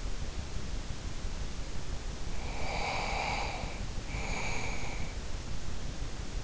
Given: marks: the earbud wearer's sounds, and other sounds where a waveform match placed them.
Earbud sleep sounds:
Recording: sounds in sleep by an in-ear microphone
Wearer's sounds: breath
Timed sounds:
2.31-5.24 s: breath

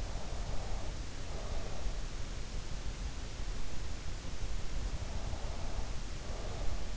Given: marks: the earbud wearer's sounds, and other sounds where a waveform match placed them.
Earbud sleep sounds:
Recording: sounds in sleep by an in-ear microphone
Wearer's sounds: breath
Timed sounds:
0.00-2.02 s: breath
5.12-6.96 s: breath

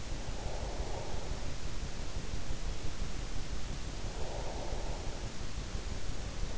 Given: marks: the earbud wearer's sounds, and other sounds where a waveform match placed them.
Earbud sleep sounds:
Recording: sounds in sleep by an in-ear microphone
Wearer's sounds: breath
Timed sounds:
0.00-1.83 s: breath
3.84-5.81 s: breath

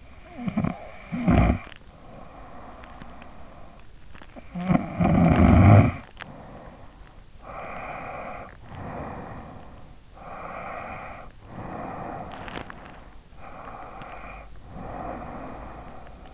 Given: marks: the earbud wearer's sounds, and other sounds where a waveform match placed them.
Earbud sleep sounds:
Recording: sounds in sleep by an in-ear microphone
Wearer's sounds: snoring breath, breath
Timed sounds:
0.00-3.54 s: snoring breath
4.05-7.08 s: snoring breath
7.08-12.80 s: breath
13.14-16.34 s: breath

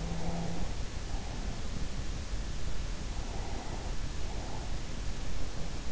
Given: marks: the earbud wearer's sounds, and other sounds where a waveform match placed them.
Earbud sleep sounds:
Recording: sounds in sleep by an in-ear microphone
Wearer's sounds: breath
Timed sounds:
0.00-1.84 s: sound from someone else or the room
3.07-5.15 s: breath

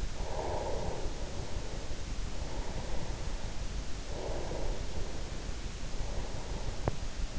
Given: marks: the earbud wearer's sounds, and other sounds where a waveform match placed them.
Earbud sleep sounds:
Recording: sounds in sleep by an in-ear microphone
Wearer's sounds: breath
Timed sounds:
0.06-3.58 s: breath
3.88-7.39 s: breath

